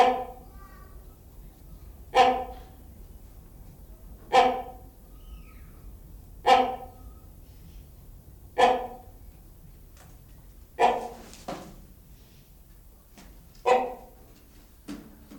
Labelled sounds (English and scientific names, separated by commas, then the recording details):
Great Hornbill (Buceros bicornis) call
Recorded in captivity
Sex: male
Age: adult
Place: Zoo Berlin, Berlin, DE
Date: 1996-03-23 11:49
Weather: heiter, 4°C
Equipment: Sony WM-D6C, Sennheiser ME 80, Kopie Uher 4000 Report Monitor
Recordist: Tembrock, Günter